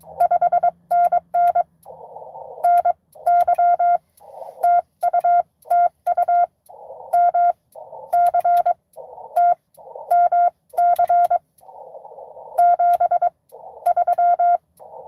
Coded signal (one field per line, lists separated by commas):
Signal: Morse code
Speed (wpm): 22 wpm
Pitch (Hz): 700 Hz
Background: none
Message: 5NN NY TU TU MCT MC 73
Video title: N2AKJ is live! doing a 12days of xmas pota #12daysofxmas #n2akj #pota #morsecode